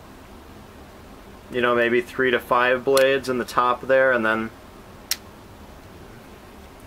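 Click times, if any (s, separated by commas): 5.1 s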